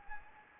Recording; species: mosquito wingbeat signal from an infrared sensor; Anopheles gambiae